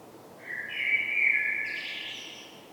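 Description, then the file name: Common blackbird song phrase. A smooth, low fluting whistle rises slightly, then finishes in a softer, higher squeaky flourish. "Turdus merula"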